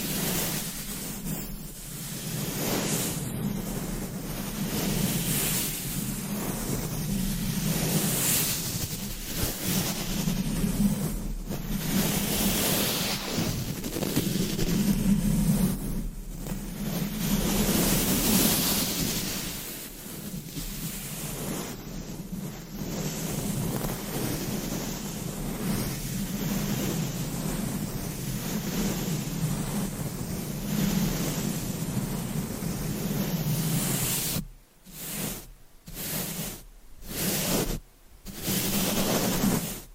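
Mic scratching and brushing make a dense, rough, steady rustle with a low hum, then several sharp breaks and taps near the end.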